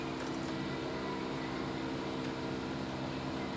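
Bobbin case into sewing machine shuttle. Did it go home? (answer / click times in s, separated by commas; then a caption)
no / none. A bobbin case is brought underneath a sewing machine and lined up in the shuttle area, ready to be pushed home. A steady hum with tonal bands fills the 3.6 seconds, and no sudden sounds stand out. The bobbin case has not clicked into place yet.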